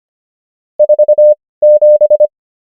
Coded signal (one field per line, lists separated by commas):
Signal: Morse code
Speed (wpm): 25 wpm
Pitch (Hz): 600 Hz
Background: none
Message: 47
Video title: morse code practice | 25wpm | 18fw | numbers | ENGLISH